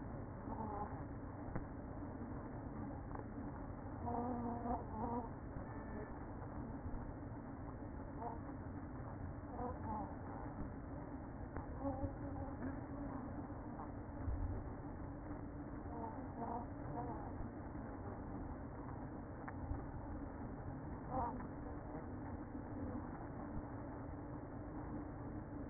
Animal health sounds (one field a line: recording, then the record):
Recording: honeybee colony, microphone inside the hive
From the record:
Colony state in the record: queen present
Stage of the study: after two queens were removed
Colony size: about 60,000 bees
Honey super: yes